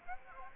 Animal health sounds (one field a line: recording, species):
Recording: mosquito wingbeat signal from an infrared sensor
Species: Aedes aegypti